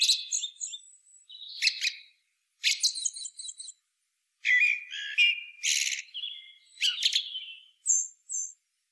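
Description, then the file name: Common blackbird producing a varied stream of high chatters, buzzy notes and thin whistles, broken by brief pauses. "Turdus merula"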